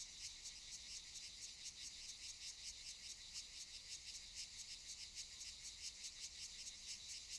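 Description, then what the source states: Cicadas produce a high, raspy buzzing chorus with rhythmic pulsing swells. Cicadas recorded around 18:40 in the evening in Valdelatas hill woodland near Madrid, Spain, during the COVID-19 de-escalation period before Phase 3.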